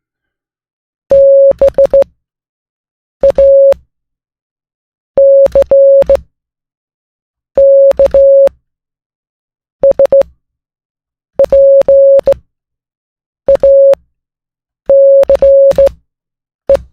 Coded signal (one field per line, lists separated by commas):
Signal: Morse code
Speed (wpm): 16 wpm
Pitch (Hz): 550 Hz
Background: none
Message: BACKSPACE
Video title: Morning Coffee + Morse Code + Learning C++ | Ep.1